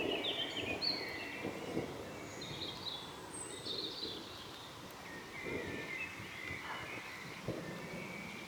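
Birds chirping, short bright notes and twittered phrases coming in clusters.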